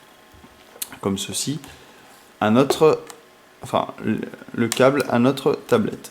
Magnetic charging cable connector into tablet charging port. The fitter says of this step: voilà et là c'est directement éenté et ça se retire et se clipse très facilement